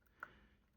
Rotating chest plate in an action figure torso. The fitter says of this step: look at that actually kind of locks into place good job He-Man